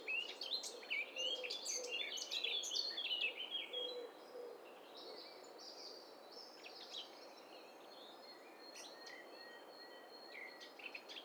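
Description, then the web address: Bird chorus with many overlapping chirps, trills and whistles for about four seconds, then quieter scattered high whistled notes over background hiss. Several birds calling at once. "Hi Fi STEREO BIRD COCKTAIL PARTY Challenge"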